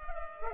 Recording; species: mosquito wingbeat signal from an infrared sensor; Culex pipiens